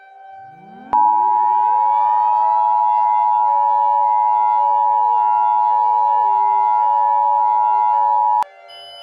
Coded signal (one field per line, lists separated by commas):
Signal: Emergency Alert System (SAME) tones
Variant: 853 and 960 Hz attention tone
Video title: EAS Scenario Special for @EmersynLasater